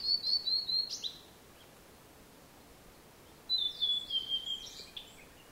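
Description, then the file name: Blue-and-white flycatcher song: clear, high whistled notes in a falling series ending in a harsh buzzy note, given twice with a long pause between. "ooruri"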